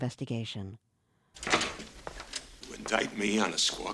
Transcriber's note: soundbite of door opening